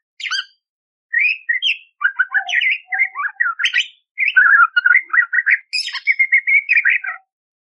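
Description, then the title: Budgerigar warble: quick chattering notes and brief whistles in nearly continuous phrases with a couple of short gaps. Masteran training recording of a budgerigar chattering clearly with harsh 'tembakan' fill, intended for training kacer (magpie-robin). "Masteran Burung Parkit Gacor Jernih Full Isian Tembakan Kasar Cocok Buat Kacer"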